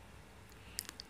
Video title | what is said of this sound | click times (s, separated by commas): Review unboxing & Assemble Newborn to toddler portable Rocker-How to assemble 3 in 1 Rocker | यह ऐसे lock हो गया इस तरफ से अब दूसरी तरफ से लॉक करेंगे | 0.8 s